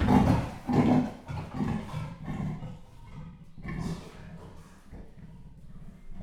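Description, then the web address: Leopard giving a series of deep, rasping sawing grunts in quick uneven succession, loudest at the start and fading toward the end. Captive leopard in a zoo, recorded 2015. "jaszberenyizoo 2015 professzionalis leopard"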